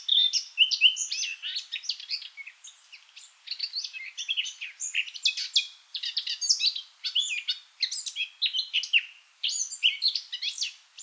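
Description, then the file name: Eurasian blackcap song: a rich, fast warble of varied whistled and scratchy notes, delivered in continuous bursts with brief pauses. "Sylvia atricapilla"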